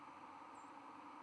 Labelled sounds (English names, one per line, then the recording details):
White-throated Sparrow flight call
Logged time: 00:02 on 24 November 2014